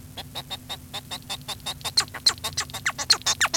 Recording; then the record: song of a male Bengalese finch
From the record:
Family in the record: son of father 1